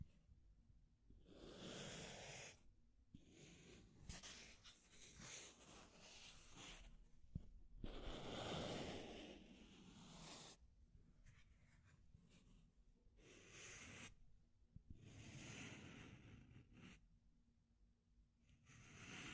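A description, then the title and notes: Deep scratching comes in rough bursts of a second or two, separated by short quiet gaps. The strokes are gritty and full, running from low to bright, with a longer, louder stretch around eight to ten seconds. A faint steady hum sits underneath throughout. Deep Scratching. (No Talking).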